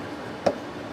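A wood screw is turned backwards in the wooden body of an Ibanez Gio bass guitar until it drops into the threads first cut at the factory. A single short clunk at 0.5 s stands out over a faint steady background. The clunk shows the screw has seated in its original threads.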